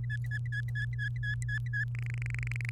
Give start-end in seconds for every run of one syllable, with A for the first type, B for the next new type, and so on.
0.04-1.84 A, 1.95-2.69 B